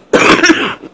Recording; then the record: coughing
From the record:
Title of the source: 31 night wet cough